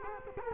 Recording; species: mosquito wingbeat signal from an infrared sensor; Culex quinquefasciatus